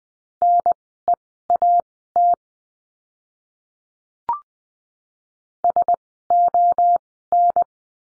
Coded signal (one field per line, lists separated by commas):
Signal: Morse code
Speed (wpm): 20 wpm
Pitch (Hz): 700 Hz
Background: none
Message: NEAT SON